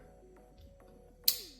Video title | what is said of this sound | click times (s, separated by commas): 2023-2026 KIA SPORTAGE (NQ5) 2.5L (GDi) Replace Vapor Canister Purge Valve Solenoid | just slide it on, listen for the click. There | 1.3 s